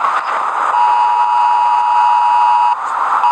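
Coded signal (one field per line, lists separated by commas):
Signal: Emergency Alert System (SAME) tones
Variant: 853 and 960 Hz attention tone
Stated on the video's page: Fictional scenario alert.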